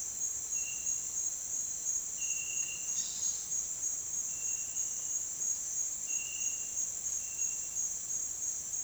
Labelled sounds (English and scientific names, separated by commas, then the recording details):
none
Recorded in dense forest near Puerto Asís, Putumayo, Colombia, on 22 June 2025 at 09:30
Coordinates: 0.466, -76.327
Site GP04